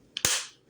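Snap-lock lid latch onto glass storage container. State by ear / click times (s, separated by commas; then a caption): seated / 0.2 s. A snap-lock latch on a plastic lid is pressed shut onto a glass food storage container. Two sharp snaps are heard: a lighter click at 0.2 s, then a louder, brighter snap at 0.3 s that rings briefly. The latch snaps shut and the lid is seated.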